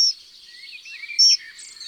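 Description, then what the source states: Dunnock calls, two thin, very high, brief notes about a second apart over a faint hiss of background. Replayed for comparison; calls very high and plaintive, on a single note; garden bird.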